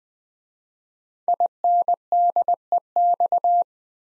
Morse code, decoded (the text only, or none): INDEX